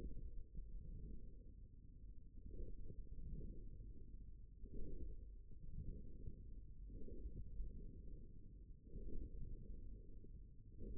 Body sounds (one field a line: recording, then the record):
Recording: forearm muscle sounds (acoustic myography)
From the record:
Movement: forearm supination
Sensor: system 1, eight BSWA MPA416 microphones around the upper forearm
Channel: 1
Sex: male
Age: 54 years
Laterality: right